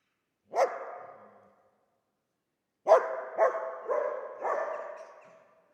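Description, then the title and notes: Dog: a single sharp bark, a pause, then four quick rough barks in a row. Old dog trapped in the pool basin of the decaying Palais El Glaoui courtyard, Fès, Morocco; full sun, circling, rearing on hind legs to bark at visitors; recorded with Zoom F3 and ORTF microphone. "Fès, Fès-Meknès, Maroc - le chien du palais El Glaoui. Dans la cour du palais (en décrépitude avancée), un vieux chien est "prisonnier" dans le bassin/piscine. Il se dresse sur ses pattes arrières pour entrevoir quelques secondes ce qui se passe dans la cour et "invective" les visiteurs de ses aboiements. JF CAVRO"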